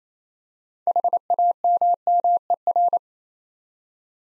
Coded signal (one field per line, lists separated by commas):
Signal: Morse code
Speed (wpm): 28 wpm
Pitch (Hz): 700 Hz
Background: none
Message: HAMMER